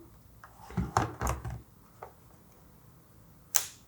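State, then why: Seated. A camera lens with an adapter is put back on the camera body and twisted onto the mount, with scraping and handling noises around 0.8–1.5 s and a soft tap near 2.0 s. The mount catch clicks sharply at 3.6 s, and the lens bayonet is locked and seated on the camera.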